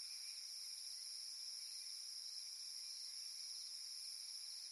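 Cicada song as a continuous, even, shrill hum in stacked high tones, holding constant from start to finish with no pauses.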